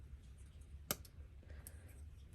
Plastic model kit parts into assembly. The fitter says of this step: And it just pops right in.